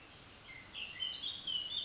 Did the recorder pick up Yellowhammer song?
no